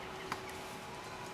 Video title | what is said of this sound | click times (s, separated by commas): how to service 1991 toyota Carina 2 bodgit and leggit garage | put more that and then just you can hear a nice little click | 0.3 s